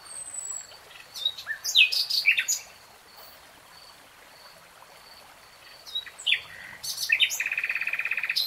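Nightingale song in varied bursts: a thin high whistle, then rich clustered notes, a pause, and a fast even trill of rapid repeated notes at the end.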